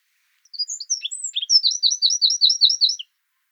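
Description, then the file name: Eurasian wren song: a few scattered high notes, then a brisk, rattling series of rapid repeated chirps, all shrill and bright, in otherwise silent surroundings. "Troglodytes troglodytes"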